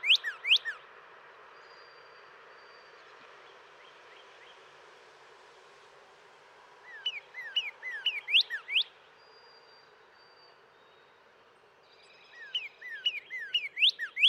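Northern cardinal song in three bursts of quick slurred whistled notes separated by pauses, with a thin high steady tone and a soft hiss between phrases.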